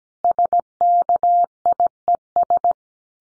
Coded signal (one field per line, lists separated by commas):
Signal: Morse code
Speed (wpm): 17 wpm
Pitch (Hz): 700 Hz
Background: none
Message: SKIES